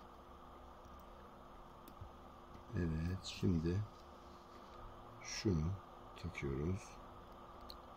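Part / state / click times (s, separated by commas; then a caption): small movement part into clock mechanism plate / seated / 7.7 s. While reassembling an old wall clock movement, a small movement part is fitted into the clock mechanism plate. Someone talks over a low steady hum, and a single short tick is heard at 7.7 s. The part is seated fully in place.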